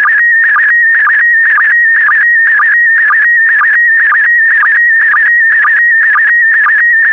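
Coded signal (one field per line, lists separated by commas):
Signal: SSTV (slow-scan television)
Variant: PD120 mode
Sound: warbling whistle-like tone with steady rhythmic ticks about twice a second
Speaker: Five, four, three, two, one. Transmission complete. You can now check your decoded image against the picture that is shown on the video.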